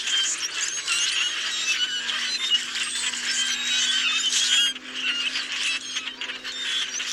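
Common grackle chorus: many birds giving grating squeaks and creaky whistles together, dipping briefly just before the five-second point, then resuming.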